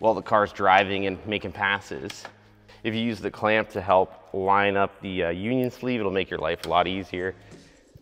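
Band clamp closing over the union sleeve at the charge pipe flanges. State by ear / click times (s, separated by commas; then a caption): not seated / none. A band clamp is being handled at the flanges of a titanium charge pipe on a 2JZ-powered IS 300, used to line up the union sleeve before being snapped shut. Someone talks throughout, and no snap or click is heard. Nothing has seated or clicked yet.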